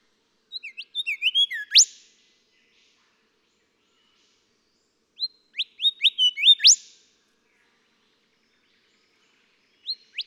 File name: Golden Whistler